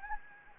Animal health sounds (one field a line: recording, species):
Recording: mosquito wingbeat signal from an infrared sensor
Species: Anopheles gambiae